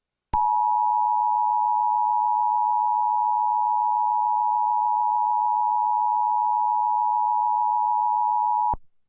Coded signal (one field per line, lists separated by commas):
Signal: Emergency Alert System (SAME) tones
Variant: 853 and 960 Hz attention tone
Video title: EAS Tornado Warning